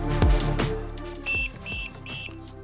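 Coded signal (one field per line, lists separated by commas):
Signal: beep code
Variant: Boatman Actor Mk4 remote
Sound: a few thumps or clicks, then three short high-pitched electronic beeps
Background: music or handling thumps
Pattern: 3 short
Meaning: About 75% of the remote's battery remains, one beep per 25%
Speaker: So you hear the 3 beeps there. If you have full power, you get 4 beeps. So it's a beep for every 25% of power. So I had 3 beeps there, so that's roughly around 75% of power left in the remote control.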